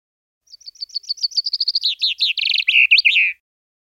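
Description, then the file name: Common chaffinch singing one bright song: a run of quick high notes that speed up, then a lower rattling phrase and a short flourish at the end. "Bofink"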